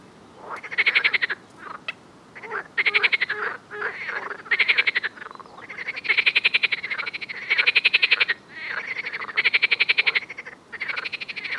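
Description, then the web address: Frogs croaking: rapid rattling pulses in repeated bursts with short gaps, and softer calls between them. "Soundscape Frog 1"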